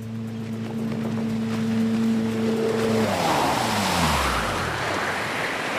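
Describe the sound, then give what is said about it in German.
A boat motor is started on the sea, droning with a steady low hum, then surging into a louder roar as rushing water and spray noise swell over it. No one speaks. “Wirf den Motor an.”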